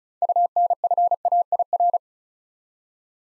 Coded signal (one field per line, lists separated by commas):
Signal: Morse code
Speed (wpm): 36 wpm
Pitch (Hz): 700 Hz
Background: none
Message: UNFAIR